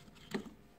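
A microSD memory card is pushed into the card slot of a Xiaomi YI action camera and clicks home, seated, with a short sharp click at 0.3 s. A faint softer tick follows just after against a quiet background.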